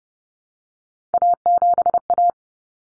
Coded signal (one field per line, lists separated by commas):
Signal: Morse code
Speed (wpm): 30 wpm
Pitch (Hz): 700 Hz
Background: none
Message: A7A